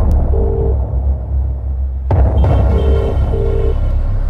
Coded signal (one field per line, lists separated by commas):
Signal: telephone call progress tone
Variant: UK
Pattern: ringback tone